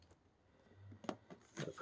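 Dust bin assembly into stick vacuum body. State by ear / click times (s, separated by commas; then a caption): seated / 1.1 s. A plastic dust bin assembly is hooked onto its hook on a Dreametech T10 stick vacuum body after the filters are cleaned, then pressed closed. A faint rustle of handling leads to a sharp snap at 1.1 s as it seats. A softer knock follows, then more handling noise at the end.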